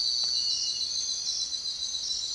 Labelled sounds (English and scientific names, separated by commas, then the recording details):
none
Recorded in secondary vegetation near Puerto Asís, Putumayo, Colombia, on 22 June 2025 at 04:00
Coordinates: 0.499, -76.323
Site G077